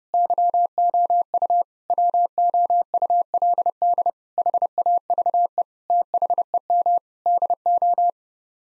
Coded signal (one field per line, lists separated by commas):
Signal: Morse code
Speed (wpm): 30 wpm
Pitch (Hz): 700 Hz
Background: none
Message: YOU WOULD HAVE THEM DO